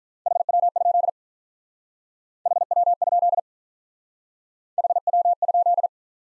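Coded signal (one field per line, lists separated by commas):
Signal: Morse code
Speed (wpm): 44 wpm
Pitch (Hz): 700 Hz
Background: none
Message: HW? HW? HW?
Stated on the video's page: Speed-Racing Morse practice of common QSO elements, starting at 35 wpm and slowing incrementally to a base speed; final repeat sent once at maximum speed.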